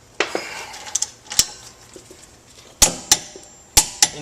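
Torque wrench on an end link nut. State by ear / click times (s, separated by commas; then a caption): torque reached / 3.8 s. A torque wrench tightens the nut on a steel suspension end link, with a series of sharp metallic clicks and clanks ringing out over a quiet background. The wrench clicks at its set torque at 3.8 s, showing the nut is torqued.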